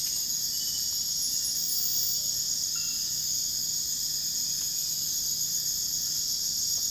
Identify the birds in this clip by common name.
none